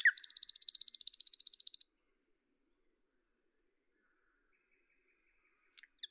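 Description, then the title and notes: Common nightingale song: a loud high-pitched rattling trill of rapid repeated notes lasting about two seconds, then quiet with faint notes and a brief chip at the end. At Lavours, France, on 10 May 1998; Tascam DAP-1 with Télingua microphone, edited in Samplitude 5.1. "D83, 01350 Lavours, France - rossignol à LAVOURS. 10/05/1998"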